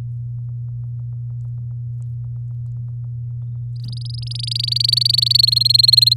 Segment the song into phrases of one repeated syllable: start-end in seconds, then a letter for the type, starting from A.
3.76-5.41 A, 5.43-6.14 B